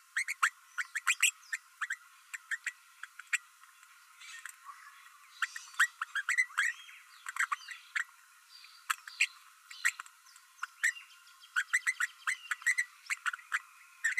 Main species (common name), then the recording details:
Green-rumped Parrotlet. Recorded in a nest box in Venezuela. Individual 18B12A3